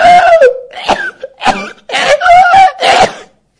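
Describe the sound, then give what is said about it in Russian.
A person imitates a kshatriya warrior choking on water and unable to breathe, forcing out a series of about five loud, strained, raspy coughs with voiced gasping tones between them, as if struggling to draw breath. “И в этот момент, вы наверняка замечали, когда очень сильно захлебнешься, не можешь что сделать? Вздохнуть. И кшатрия так делает.”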